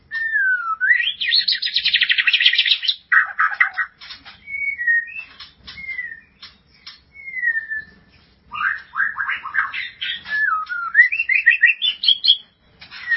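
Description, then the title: White-rumped shama singing a rich medley of clear slurred whistles, harsh buzzy rattles and sharp clicks, ending in a quick ascending series of notes. "Kicau Murai Batu"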